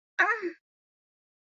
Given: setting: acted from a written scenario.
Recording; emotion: vocal sound without words; pain